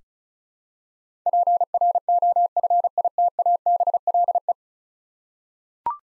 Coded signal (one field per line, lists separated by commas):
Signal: Morse code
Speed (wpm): 36 wpm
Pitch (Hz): 700 Hz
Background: none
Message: PROFITABLE